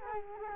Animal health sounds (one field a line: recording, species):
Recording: mosquito wingbeat signal from an infrared sensor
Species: Culex quinquefasciatus